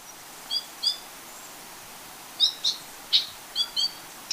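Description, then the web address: Yellow-collared chlorophonia calls: brief high paired notes and chirps, scattered irregularly, several in quick succession near the end, over faint background hiss. Ecuador. "Birds of Ecuador. Yellow-collared Chlorophonia"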